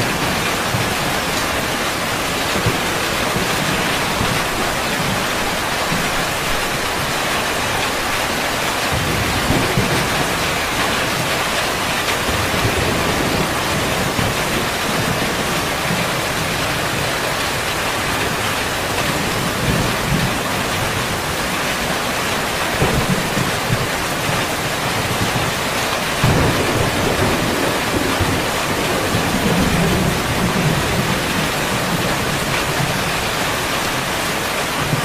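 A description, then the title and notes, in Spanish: Rain falls steadily on a tin roof at night, a dense, even hiss with a bright patter spread across the whole range. The level barely changes over the 35 seconds, with faint low rumbles and soft thuds coming and going underneath. El sonido de la lluvia en el tejado de hojalata por la noche, el sonido del trueno es muy pequeño. Sonido Lluvia De La Lluvia En Tejado Con Truenos.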